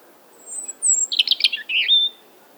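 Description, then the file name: European robin song: a high thin whistle opening into a rapid jumble of tinkling, warbled notes, ending on a clear sliding whistle; quiet background. "Erithacus rubecula"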